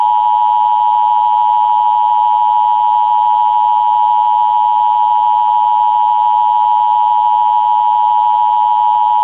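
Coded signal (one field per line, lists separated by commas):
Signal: Emergency Alert System (SAME) tones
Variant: 853 and 960 Hz attention tone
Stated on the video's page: Fake EAS alert made for a day of severe weather.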